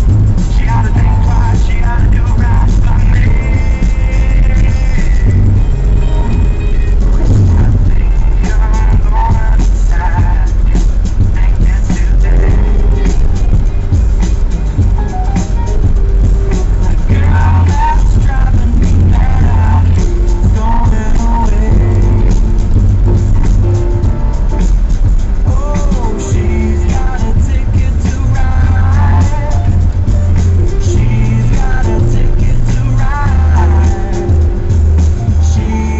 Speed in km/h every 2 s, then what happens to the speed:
20, 19, 18, 18, 17, 17, 18, 19, 19, 18, 19, 18, 15, 14, 15, 14, 12, 8.
0-21 steady at about 18. 21-36 slows to 8.